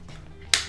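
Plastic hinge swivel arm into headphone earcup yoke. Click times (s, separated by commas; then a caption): 0.5 s. A replacement plastic hinge swivel arm is pressed into the wire side of the left earcup yoke on a pair of Bose QC35 headphones. After a low, quiet hum, a single sharp, loud snap rings out at 0.5 s and fades quickly. The swivel arm clips in and seats in place.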